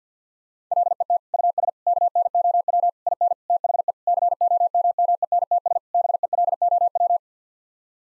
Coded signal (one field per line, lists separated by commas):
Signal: Morse code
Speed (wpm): 50 wpm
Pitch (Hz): 700 Hz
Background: none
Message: LET US KNOW IN THE COMMENTS BELOW